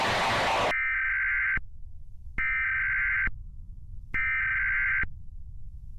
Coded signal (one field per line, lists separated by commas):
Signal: Emergency Alert System (SAME) tones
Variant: header bursts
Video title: (DELTARUNE) Emergency Alert System: ██-██-202X